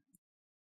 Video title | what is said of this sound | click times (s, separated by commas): How to Upgrade RAM on Alienware 17 R5 - Step-by-Step Installation Guide | around we're going to hear that big click on the right side we're going to work work around to the | 0.1 s